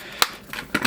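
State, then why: Seated. A plastic wheel is pressed onto the axle of a toy ATV and snaps into place. Sharp snaps are heard at 0.2 s and 0.8 s, with softer plastic clicks around them. The wheel ends up seated on the axle.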